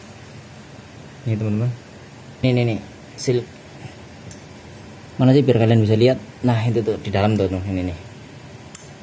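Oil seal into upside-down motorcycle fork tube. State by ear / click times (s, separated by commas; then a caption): seated / 8.8 s. A new oil seal is fitted into the metal tube of a 51 mm upside-down motorcycle fork, and the seal or its retaining part snaps into its groove with a sharp click at 8.8 s. Before that, someone talks and there is faint handling noise. The seal is seated.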